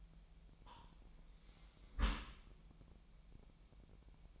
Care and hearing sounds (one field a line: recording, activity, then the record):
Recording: daily activity, microphone in the room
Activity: close dishwasher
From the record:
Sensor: 1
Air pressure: 998.3 hPa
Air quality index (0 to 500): 140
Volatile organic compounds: 4 ppm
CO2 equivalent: 1671 ppm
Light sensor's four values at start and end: 16/54/22/22 and 16/54/22/22